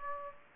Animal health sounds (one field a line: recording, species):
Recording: mosquito wingbeat signal from an infrared sensor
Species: Aedes aegypti